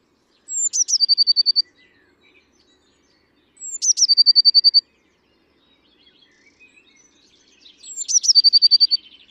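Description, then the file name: Eurasian blue tit singing: each phrase opens with a high thin falling note, then a fast even trill, repeated three times a few seconds apart, in quiet. "Cyanistes caeruleus"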